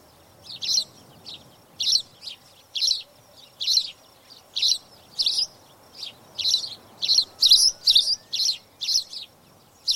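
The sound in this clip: Spanish sparrow chirping steadily, with many short bright chirps in quick succession, busiest toward the end.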